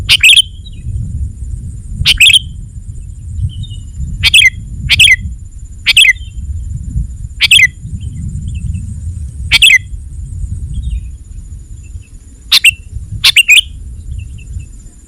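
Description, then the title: Sooty-headed bulbul repeating short, loud, chirping phrases several times in irregular succession, with a steady low-pitched rumble underneath. "kutilang"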